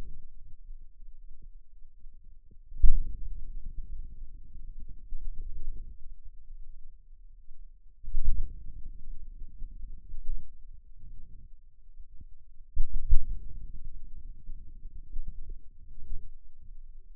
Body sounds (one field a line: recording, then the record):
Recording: forearm muscle sounds (acoustic myography)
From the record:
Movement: outward rotation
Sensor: system 2, bracelet of six BSWA MPA416 microphones around the upper forearm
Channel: 1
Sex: male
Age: 22 years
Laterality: right